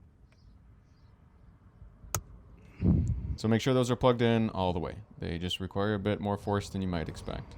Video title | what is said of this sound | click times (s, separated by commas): Toyota Supra Dashcam Install - Fitcamx direct fit - 2021 Supra Dashcam | and then it finally snapped in place. | 2.1 s